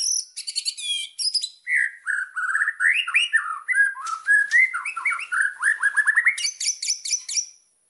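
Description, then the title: White-rumped shama singing a rich, varied song: fluid mid-pitched whistled phrases mixed with very high buzzy trills, delivered continuously. Recording used as a lure to provoke other white-rumped shamas into responding; the bird is described as singing vigorously (gacor). "PANCINGAN MURAI BATU GACOR"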